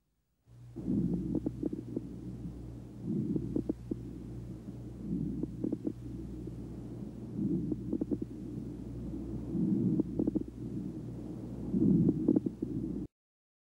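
Breath sounds swell and fade about every two seconds, each carrying clusters of low, bubbling pops and clicks, over a steady low background hum. These are coarse crackles, an abnormal lung sound.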